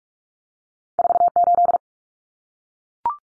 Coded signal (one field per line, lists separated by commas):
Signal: Morse code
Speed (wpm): 44 wpm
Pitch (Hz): 700 Hz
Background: none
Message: 48